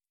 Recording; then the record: hydrophone in a shrimp aquaculture tank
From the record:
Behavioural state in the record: feeding